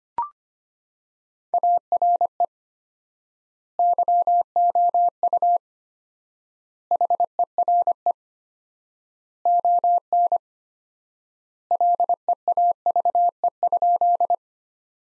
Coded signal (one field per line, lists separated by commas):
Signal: Morse code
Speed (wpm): 25 wpm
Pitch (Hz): 700 Hz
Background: none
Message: ARE YOU HERE ON LEAVE?